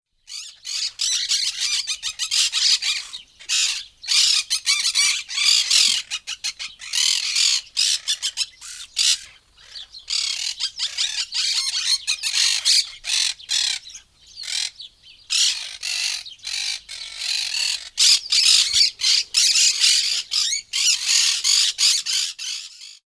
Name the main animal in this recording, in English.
Monk Parakeet